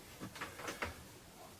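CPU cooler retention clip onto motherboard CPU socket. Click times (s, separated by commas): 0.8 s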